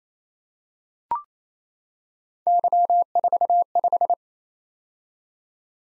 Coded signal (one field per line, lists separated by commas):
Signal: Morse code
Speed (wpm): 29 wpm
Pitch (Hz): 700 Hz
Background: none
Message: Y45